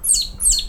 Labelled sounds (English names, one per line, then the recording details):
Stitchbird song
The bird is a male
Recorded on Tiritiri Matangi Island, New Zealand, in 2005
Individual 17, of nest box 25